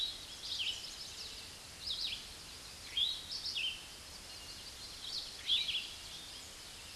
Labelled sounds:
Red-eyed Vireo song
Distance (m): 30 m
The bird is about 25 m above the microphone
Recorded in a Pennsylvania forest on 16 May 2024 at 06:11
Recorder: AudioMoth, point MSD-2201
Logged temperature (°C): 15.5 °C
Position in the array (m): 170 m, 71 m

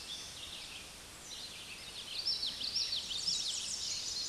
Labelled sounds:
Common Yellowthroat song
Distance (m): 40 m
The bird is about level with the microphone
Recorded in a Pennsylvania forest on 16 May 2024 at 06:29
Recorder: AudioMoth, point MSD-2305
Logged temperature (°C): 16.9 °C
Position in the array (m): 57 m, 154 m

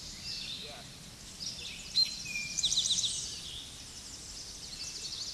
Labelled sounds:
Eastern Towhee song
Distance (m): 15 m
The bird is about level with the microphone
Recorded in a Pennsylvania forest on 16 May 2024 at 07:46
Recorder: AudioMoth, point MSD-0407
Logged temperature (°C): 15.8 °C
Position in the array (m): 68 m, 180 m

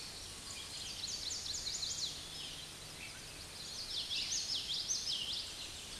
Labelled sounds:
Common Yellowthroat song
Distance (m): 30 m
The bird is about 5 m above the microphone
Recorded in a Pennsylvania forest on 16 May 2024 at 06:34
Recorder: AudioMoth, point MSD-2453
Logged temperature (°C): 16.3 °C
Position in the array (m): 235 m, 175 m

